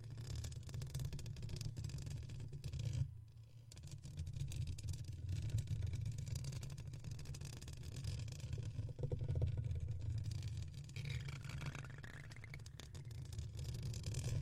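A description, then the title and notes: A comb scratches against a microphone, giving a dense, continuous low rumble with a gritty, crackling layer above it. The scraping briefly drops off around the three-second mark, then resumes steadily, with a brighter rasping stretch near the twelfth second. Comb and Mic Scratching Sounds ASMR.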